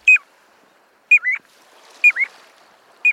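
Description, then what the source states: Piping Plover calls, clear whistled two-part notes, a high pure note then a lower rising slur, repeated about once a second, four times, over quiet background. Call described as very distinctive and melodic.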